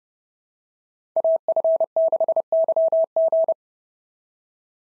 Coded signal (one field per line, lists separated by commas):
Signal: Morse code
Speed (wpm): 27 wpm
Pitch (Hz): 650 Hz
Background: none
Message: AF6YG